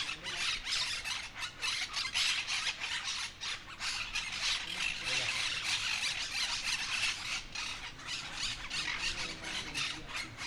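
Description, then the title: Monk parakeets chattering as a flock, a dense stream of harsh, overlapping squawks several times a second that continues without a break throughout. Noisy flock chattering, Calle Lavadero 3, 28970 Humanes de Madrid, Madrid, Spain; Zoom H1n recorder. "Calle Lavadero, 3, Humanes de Madrid, Madrid, España - Grupo de Cotorras Argentinas"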